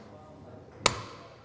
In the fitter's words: when you hear the big click you haven't broken anything don't worry you just pulled it off